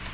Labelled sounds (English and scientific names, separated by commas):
Bay-breasted Warbler (Setophaga castanea) flight call